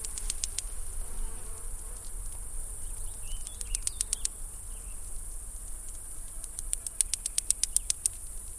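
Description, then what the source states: Cicada song, a continuous high, hissing buzz held throughout, with scattered runs of sharp ticks near the start, middle and end. Cicadas recorded in July 2008.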